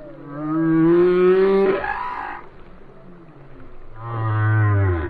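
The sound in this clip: Whale song with a rising tonal moan ending in a rough burst, a pause of low rumble, then a second loud harmonic moan.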